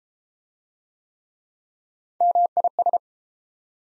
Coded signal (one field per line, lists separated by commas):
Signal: Morse code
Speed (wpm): 32 wpm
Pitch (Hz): 700 Hz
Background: none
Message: MIS